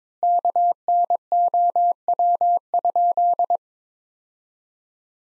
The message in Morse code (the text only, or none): KNOW?